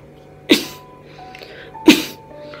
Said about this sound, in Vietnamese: Vân Bỉ Khâu lại ho.